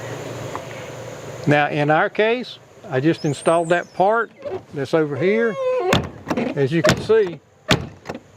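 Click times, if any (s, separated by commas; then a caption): none. Someone talks while an RV entry door is closed against the newly installed lock part, the strike on the door frame, which sits too far in. A sharp bang sounds at 7.7 s as the door meets the frame, but the latch fails to catch, and nothing has seated or clicked yet.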